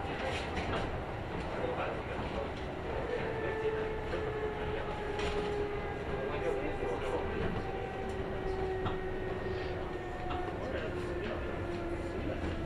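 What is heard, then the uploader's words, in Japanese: A Kintetsu Osaka Line semi-express train runs along with a steady, dense low rumble that holds even throughout. Faint whining tones glide slowly in pitch as the motors change speed, and soft clicks and brief murmurs of voices surface now and then. 耳で楽しむ鉄道旅 近鉄大阪線 区間準急 大和朝倉→近鉄下田。大和朝倉始発の区間準急大阪上本町行きに乗り換えました。区間準急なので途中の河内山本までは各駅停車となります。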